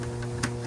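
On the other side, a clip is felt into place at its mounting point and pushed on, giving a single sharp click at 0.4 s over a steady, humming background. The clip snaps on and is seated, attached to its mounting point.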